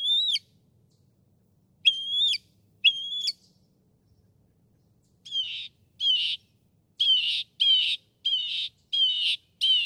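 Northern mockingbird song: loud down-slurred squawky notes, then a run of raspy, repeated notes.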